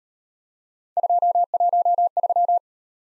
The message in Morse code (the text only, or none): 213